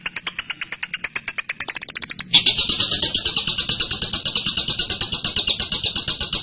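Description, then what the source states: Bird song: rapid high chirps, then a sudden switch to a denser, buzzy trill that continues steadily to the end. Birdsong training recording (masteran) of a bird's voice.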